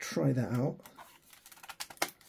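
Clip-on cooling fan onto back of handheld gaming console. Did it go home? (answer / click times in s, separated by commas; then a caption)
yes / 2.0 s. Someone talks briefly, then a plastic Binbok V1 clip-on cooling fan is pushed onto the back of a Steam Deck handheld gaming console, over its vents, with a few small scraping and tapping contacts from about 1.5 s. A sharp click at 2.0 s marks the fan clipping into place.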